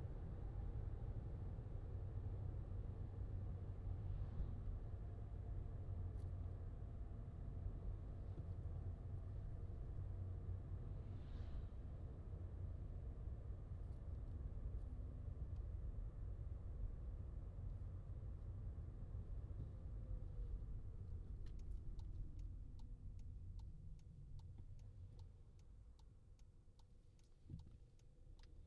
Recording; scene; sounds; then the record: everyday scene through a hearing-aid microphone; in a vehicle; engine, highway driving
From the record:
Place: Skoda Fabia, gasoline engine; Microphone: in the ear canal, left